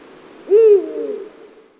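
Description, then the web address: Eurasian eagle-owl hoot: a single deep, booming note that swells quickly then fades away. "lyder hubro"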